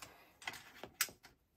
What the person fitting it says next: You Hear The Click oh it's cocked right